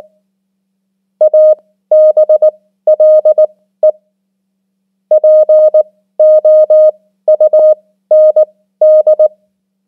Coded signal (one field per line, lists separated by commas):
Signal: Morse code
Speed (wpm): 19 wpm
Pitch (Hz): 620 Hz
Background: none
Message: ABLE POUND